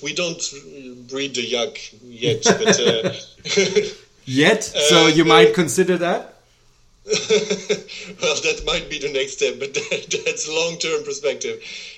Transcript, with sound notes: We don’t bread the yak yet.
(laughter) Yet! Have you might consider that?
(laughter) That might be the next step, but that’s a long term prospective.